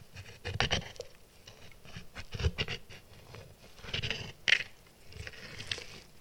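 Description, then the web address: Dog gnawing a bone, uneven crunching and scraping sounds with short pauses and a sharp crack late on. Domestic dog chewing and stripping a bone. "Tom Hutchings Dog Chewing And Stripping Bone"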